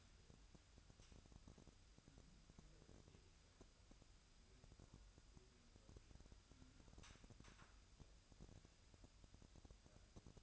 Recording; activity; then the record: daily activity, microphone in the room; wipe stove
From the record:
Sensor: 2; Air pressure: 1003.2 hPa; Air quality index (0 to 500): 203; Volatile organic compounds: 6 ppm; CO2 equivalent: 1929 ppm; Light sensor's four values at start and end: 7/16/7/7 and 7/16/7/7